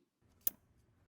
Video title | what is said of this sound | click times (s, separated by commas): Rear-facing convertible car seat with UAS: general installation steps | Listen for a click. | 0.5 s